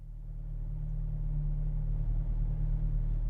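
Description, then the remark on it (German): A stolen police car carrying loot drives toward Chicago with a steady, low engine rumble and road hum, no siren, holding an even loudness throughout with no voices. “führte Dicke Dick Dickens seine Beute in einem gestohlenen Polizeiauto nach seiner Wahlheimat Chicago zurück”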